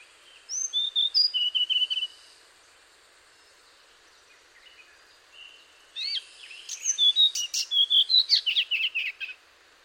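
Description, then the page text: Hainan blue flycatcher singing two bursts of bright high whistles, the first clear and slurred, the second busier and more varied, separated by a quiet gap with faint background hiss. "Antero Lindholm - Хайнаньская голубая мухоловка-циорнис (Cyornis hainanus)"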